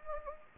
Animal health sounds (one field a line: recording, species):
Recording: mosquito wingbeat signal from an infrared sensor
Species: Anopheles gambiae